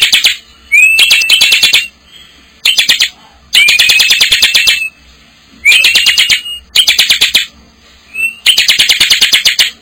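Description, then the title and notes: Bar-winged prinia song with repeated phrases of dense, buzzy trills of quick notes, some led by a thin rising whistle, separated by short pauses. Collection of ciblek sounds, birds in full active song (gacor) together with young birds (anakan). "Kicau Ciblek new - putri sherin. kumpulan suara burung ciblek gacor dan anakan"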